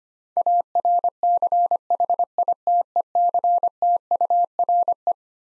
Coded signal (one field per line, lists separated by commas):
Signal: Morse code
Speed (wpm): 25 wpm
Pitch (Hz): 700 Hz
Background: none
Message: ARCHITECTURE